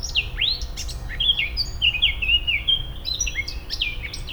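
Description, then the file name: Eurasian blackcap song, a rich run of varied warbled and whistled notes, rising and falling quickly, over a steady low rumble. "Sylvia atricapilla"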